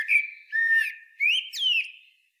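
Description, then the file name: Eurasian blackbird singing mellow fluted whistles, the last note a slurred whistle rising then falling. "Turdus merula"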